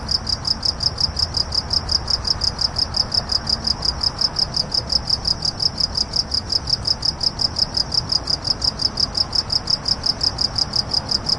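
Cricket chirping in a steady, high-pitched pulsing trill over a soft low rumble of background noise.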